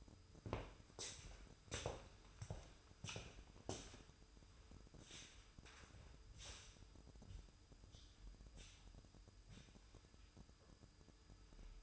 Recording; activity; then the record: daily activity, microphone in the room; walk to room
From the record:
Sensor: 2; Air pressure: 988.1 hPa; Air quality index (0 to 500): 180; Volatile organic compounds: 127 ppm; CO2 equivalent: 3914 ppm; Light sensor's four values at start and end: 21/70/27/26 and 21/71/28/26